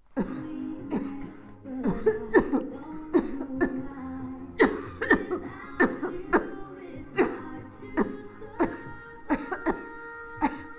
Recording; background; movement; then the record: voluntary coughing; music; sitting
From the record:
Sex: female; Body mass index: 21.8 kg/m2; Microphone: on the chest, facing the body